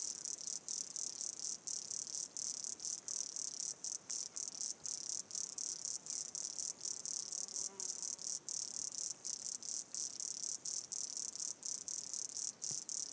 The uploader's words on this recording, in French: Chapada Diamantina - Insectes. Paysage sonore pris dans le parc de Chapada Diamantina (Brésil).